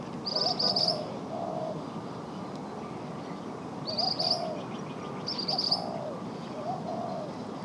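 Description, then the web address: Ashy minivet giving high, thin trilled calls in three short bursts, with softer lower notes repeating alongside them over a steady background hiss. "Pericrocotus divaricatus. صدای-پرنده-سرنجی-خاکستری"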